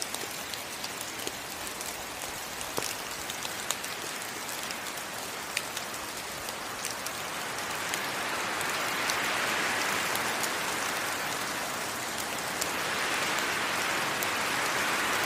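Steady rain falls in a forest, a dense hiss with sharp individual drops ticking and pattering throughout. From about the eighth second, wind swells through the trees, adding a louder rushing layer that eases briefly near twelve seconds and then rises again.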